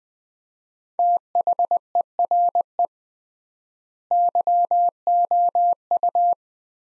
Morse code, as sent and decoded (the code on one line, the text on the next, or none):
- .... . .-. . / -.-- --- ..-
THERE YOU